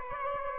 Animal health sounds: mosquito wingbeat signal from an infrared sensor; Aedes aegypti

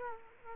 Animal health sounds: mosquito wingbeat signal from an infrared sensor; Culex quinquefasciatus

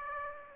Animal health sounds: mosquito wingbeat signal from an infrared sensor; Aedes aegypti

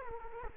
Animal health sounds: mosquito wingbeat signal from an infrared sensor; Culex quinquefasciatus

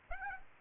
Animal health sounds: mosquito wingbeat signal from an infrared sensor; Aedes aegypti

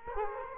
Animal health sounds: mosquito wingbeat signal from an infrared sensor; Culex quinquefasciatus

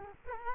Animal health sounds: mosquito wingbeat signal from an infrared sensor; Culex quinquefasciatus

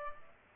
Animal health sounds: mosquito wingbeat signal from an infrared sensor; Culex pipiens

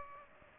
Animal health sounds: mosquito wingbeat signal from an infrared sensor; Aedes aegypti

